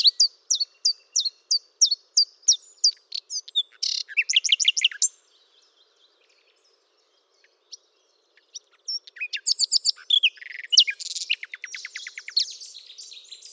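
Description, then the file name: Common nightingale song: a run of about ten quick repeated chirps, then dense rattling notes, a pause, and a varied burst of trills and whistles. "Luscinia megarhynchos"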